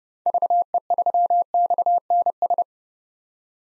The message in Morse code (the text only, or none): VE3XNS